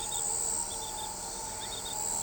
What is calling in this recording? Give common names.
none